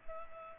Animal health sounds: mosquito wingbeat signal from an infrared sensor; Culex pipiens

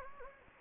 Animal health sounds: mosquito wingbeat signal from an infrared sensor; Anopheles gambiae

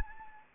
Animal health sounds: mosquito wingbeat signal from an infrared sensor; Anopheles arabiensis

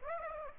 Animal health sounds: mosquito wingbeat signal from an infrared sensor; Aedes aegypti

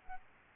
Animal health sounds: mosquito wingbeat signal from an infrared sensor; Aedes albopictus

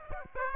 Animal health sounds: mosquito wingbeat signal from an infrared sensor; Aedes aegypti

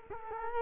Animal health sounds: mosquito wingbeat signal from an infrared sensor; Culex quinquefasciatus

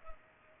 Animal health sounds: mosquito wingbeat signal from an infrared sensor; Culex pipiens

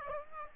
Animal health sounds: mosquito wingbeat signal from an infrared sensor; Aedes aegypti

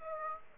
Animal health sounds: mosquito wingbeat signal from an infrared sensor; Aedes aegypti

